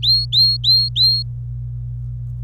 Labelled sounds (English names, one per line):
Domestic Canary song